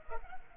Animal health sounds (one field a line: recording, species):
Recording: mosquito wingbeat signal from an infrared sensor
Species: Culex pipiens